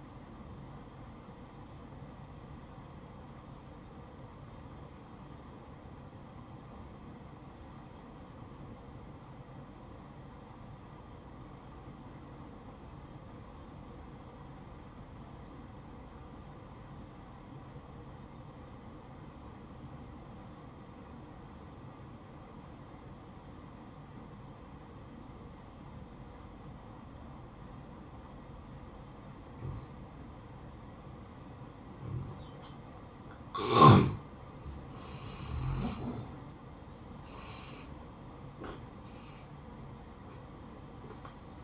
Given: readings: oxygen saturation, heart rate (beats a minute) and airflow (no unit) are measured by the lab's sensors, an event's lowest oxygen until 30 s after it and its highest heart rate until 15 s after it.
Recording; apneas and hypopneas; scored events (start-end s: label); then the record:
breathing in sleep by a smartphone at the bedside; 1
3.00-36.40 s: obstructive apnea (N1, oxygen 94% highest, then 84% lowest, heart rate 56 at the start, 69 highest)
From the record:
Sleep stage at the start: N1 (lightest sleep); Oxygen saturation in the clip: 85 to 94%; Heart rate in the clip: 56 to 72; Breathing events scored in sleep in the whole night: 573 in 9.8 hours asleep